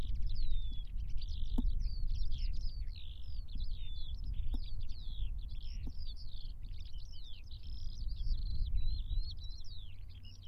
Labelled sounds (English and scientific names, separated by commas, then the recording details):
Eurasian Skylark (Alauda arvensis) song
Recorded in the wild
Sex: male
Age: adult
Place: Bad Sulza, Thüringer Becken, Thüringen, DE
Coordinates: 51.0861, 11.6503
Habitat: field
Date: 2012-03-10 14:04
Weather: 6°C, cloudy, moderate winds
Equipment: Sound Devices 702, Sennheiser MKH 415 T, Rhode Windschutz
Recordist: Frommolt, Karl-Heinz